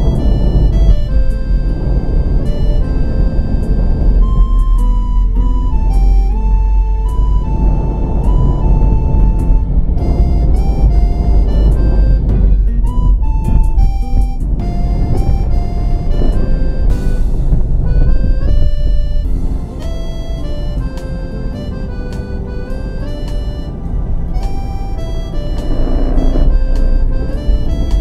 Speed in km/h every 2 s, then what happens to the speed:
31, 24, 29, 32, 32, 32, 24, 23, 21, 19, 21, 19, 19, 19.
0-3 slows to 24. 3-5 speeds up to 32. 5-10 steady at about 32. 10-15 slows to 21. 15-28 steady at about 19.